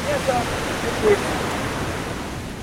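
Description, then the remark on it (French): Ocean surf breaking at a surf spot in a steady, hissing roar that barely rises or falls, with a couple of faint, brief higher tones poking through the wash. “J'espère pour nous prendre toutes les vagues de la série.”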